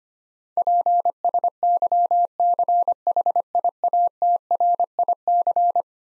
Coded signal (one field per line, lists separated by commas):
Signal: Morse code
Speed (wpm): 25 wpm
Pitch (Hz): 700 Hz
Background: none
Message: PSYCHIATRIC